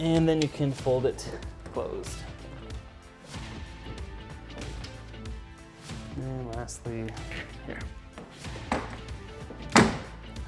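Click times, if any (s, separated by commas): 8.7 s, 9.8 s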